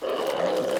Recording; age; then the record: pig call; piglet (1 to 25 days)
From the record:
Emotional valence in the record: positive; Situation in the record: huddling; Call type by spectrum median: low-frequency call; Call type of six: low-frequency modulated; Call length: 0.80 s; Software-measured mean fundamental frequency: 69 Hz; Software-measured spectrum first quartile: 502 Hz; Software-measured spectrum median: 664 Hz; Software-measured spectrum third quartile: 1573 Hz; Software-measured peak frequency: 527 Hz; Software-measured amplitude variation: 158 dB a second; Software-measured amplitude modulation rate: 30.7 a second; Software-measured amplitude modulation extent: 5.1 dB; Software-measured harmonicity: 3.6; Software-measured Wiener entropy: -1.61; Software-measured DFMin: 1070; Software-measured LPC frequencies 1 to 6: 547, 1121, 1875, 2946, 3872, 4730 Hz